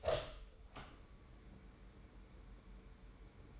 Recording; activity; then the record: daily activity, microphone in the room; open door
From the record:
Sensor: 3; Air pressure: 1015.2 hPa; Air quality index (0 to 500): 133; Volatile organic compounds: 6 ppm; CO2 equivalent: 1872 ppm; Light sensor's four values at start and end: 16/40/16/17 and 16/40/16/17